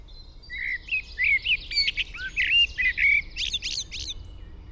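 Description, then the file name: Blackbird giving a flowing song of varied fluty whistles and chuckles, closing with a burst of high scratchy squeaks, against faint background hum. "Turdus merula"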